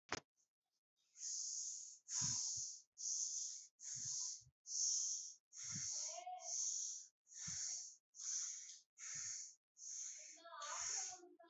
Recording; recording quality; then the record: shallow breathing; excellent, no background noise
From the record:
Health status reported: healthy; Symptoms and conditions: none ticked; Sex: male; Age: 29 years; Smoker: yes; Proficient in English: yes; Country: India